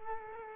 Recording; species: mosquito wingbeat signal from an infrared sensor; Culex quinquefasciatus